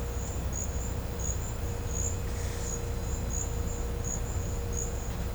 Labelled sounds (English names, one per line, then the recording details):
none
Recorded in pastures near Puerto Asís, Putumayo, Colombia, on 16 December 2024 at 12:30
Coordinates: 0.502, -76.324
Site G077